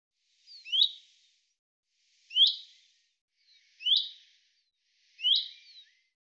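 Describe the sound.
Common chaffinch giving four bright, clipped call notes spaced roughly one and a half seconds apart against a quiet background.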